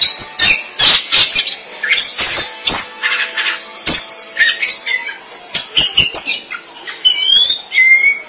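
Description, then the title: Oriental magpie-robin song: varied high chattering notes and harsh clicks, ending with a few clear whistled slurs, some rising and some falling. "Suara Kicauan Burung Kacer"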